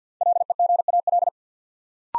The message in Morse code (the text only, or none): LEGAL